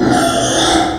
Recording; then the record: squeal of a Yucatan mini pig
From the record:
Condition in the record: before surgery on the right vocal fold (resection and tissue-engineered implant); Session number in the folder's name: 3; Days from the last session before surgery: 0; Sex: female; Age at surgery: 19 weeks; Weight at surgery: 25 kg